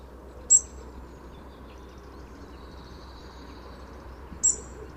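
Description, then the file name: European robin producing two brief, thin, very high call notes about four seconds apart, with a faint steady hum and low background noise between them. "Erithacus rubecula"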